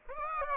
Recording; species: mosquito wingbeat signal from an infrared sensor; Aedes aegypti